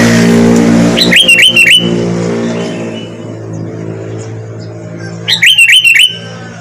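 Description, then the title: Sooty-headed bulbul song: a short bubbly phrase of rising and falling whistled notes, given twice about four seconds apart, over a low engine hum that fades after the first phrase. "Kutilang"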